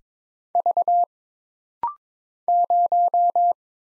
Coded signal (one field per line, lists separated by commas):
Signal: Morse code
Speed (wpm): 22 wpm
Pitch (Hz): 700 Hz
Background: none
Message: V 0